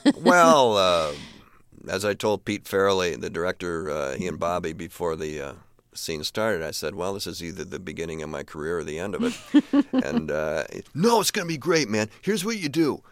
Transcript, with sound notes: Well, as I told Pete Farrelly, the director, he and Bobby before the scene started I said, well, this is either the beginning of my career or the end of it.
(LAUGHTER)
And, no, it's going to be great, man. Here's what you do.